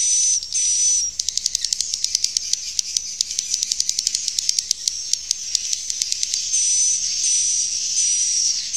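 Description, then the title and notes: Swiftlets giving rapid trains of sharp dry clicks over a high buzzy chatter, with a thin whistled tone at the start and end. Used in swiftlet farming in Asia. "Swiflet Bird Sound. Farming Swiflet Bird asia sound"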